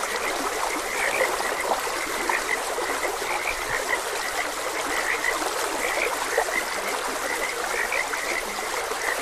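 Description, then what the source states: Frog chorus of rapid, repeated high croaks layered over continuous flowing water. Frogs croaking beside a gentle stream.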